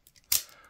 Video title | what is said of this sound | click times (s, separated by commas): OTF Switchblade Knife Penetration Test | clicks into place and then it's ready to go again so you may be saying | 0.4 s